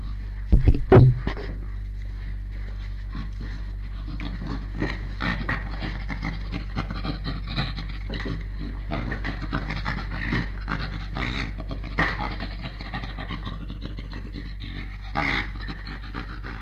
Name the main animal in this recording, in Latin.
Gorilla gorilla